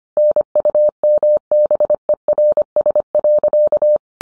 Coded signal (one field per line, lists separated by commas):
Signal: Morse code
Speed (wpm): 25 wpm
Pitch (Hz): 600 Hz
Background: none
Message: NUMBERS.